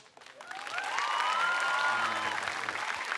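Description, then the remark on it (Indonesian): An Indosiar audience bursts into applause when boarding-house residents are asked to clap, the clapping swelling quickly into a dense, steady roar of hands with a few cheers and whoops riding over it. “Di sini yang anak kos bisa minta tepuk tangannya.”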